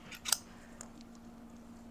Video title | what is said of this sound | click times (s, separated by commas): Axwell Wallet: The Most Customizable Wallet of 2023 - Everyday Carry - Be Prepared | so you take this on and you slide it down and it's actually clicks into place right there | 0.3 s